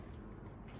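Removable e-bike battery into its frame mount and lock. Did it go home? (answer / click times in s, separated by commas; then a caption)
no / none. A removable battery for a Kalkhoff e-bike with a Bosch Gen 4 system is pushed back into its frame mount and lock. Only a steady, broadband rumble with no distinct impacts is heard over the 0.8 seconds. The battery has not seated or clicked into place yet.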